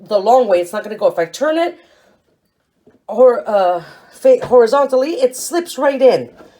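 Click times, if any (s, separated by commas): none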